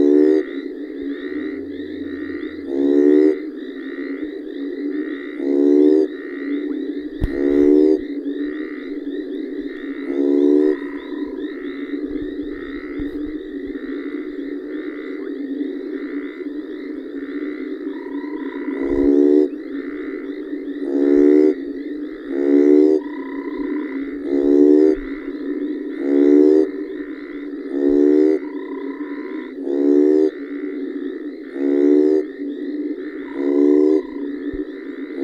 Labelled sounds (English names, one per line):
African Split-skin Toad call